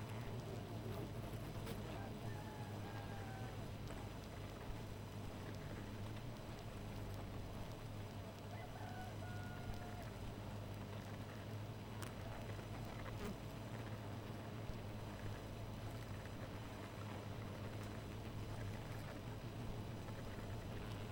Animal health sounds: honeybee colony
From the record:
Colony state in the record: missing queen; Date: 14 July 2017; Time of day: 2:52

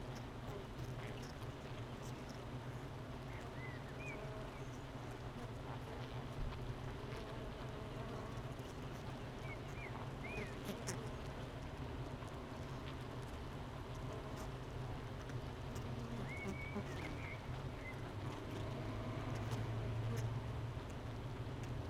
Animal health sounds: honeybee colony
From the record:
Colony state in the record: missing queen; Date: 31 May 2018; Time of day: 9:07

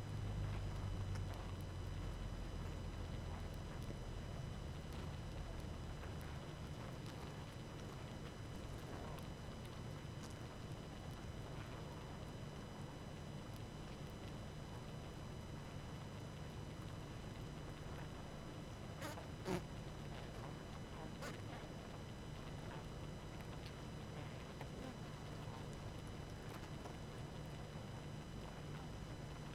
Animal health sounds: honeybee colony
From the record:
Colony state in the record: active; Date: 12 June 2018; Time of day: 19:11

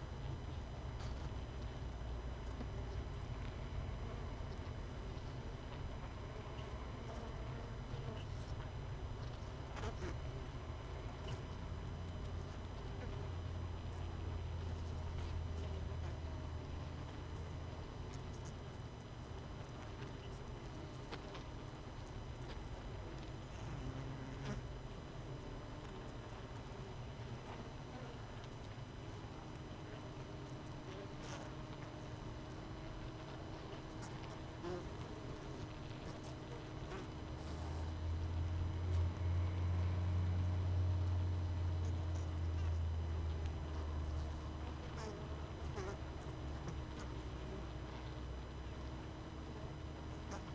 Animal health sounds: honeybee colony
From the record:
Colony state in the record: missing queen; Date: 31 May 2018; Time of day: 18:15

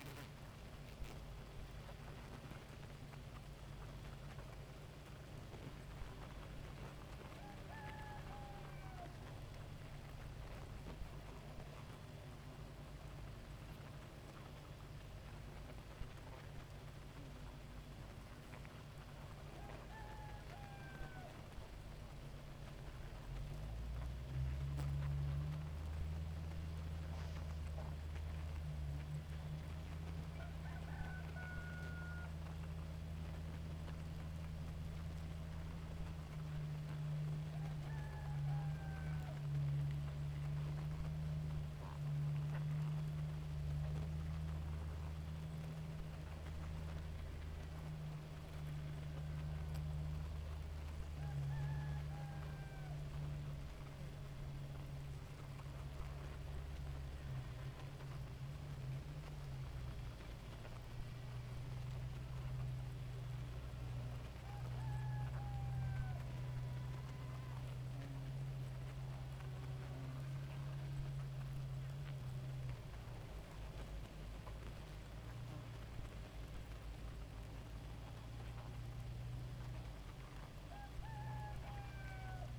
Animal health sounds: honeybee colony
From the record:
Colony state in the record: active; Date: 28 July 2017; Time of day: 2:41

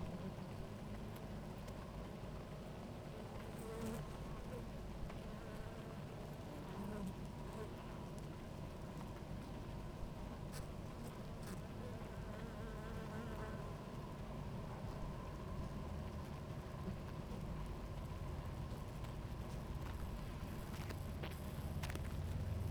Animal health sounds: honeybee colony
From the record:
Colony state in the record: active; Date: 28 July 2017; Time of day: 17:26

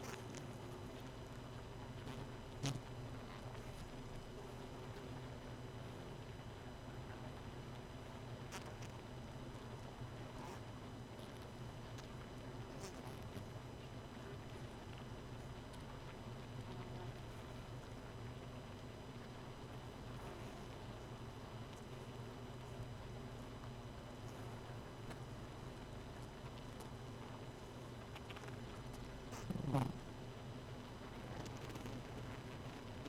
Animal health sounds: honeybee colony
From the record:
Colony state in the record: missing queen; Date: 31 May 2018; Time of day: 0:09

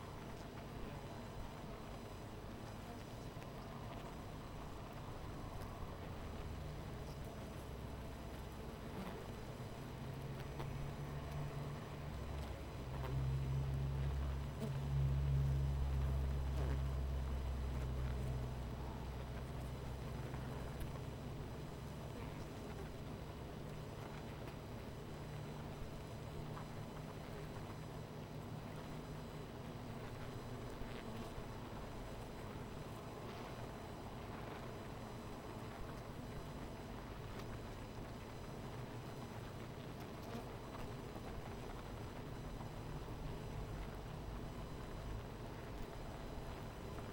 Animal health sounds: honeybee colony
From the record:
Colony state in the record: missing queen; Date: 14 July 2017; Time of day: 12:42

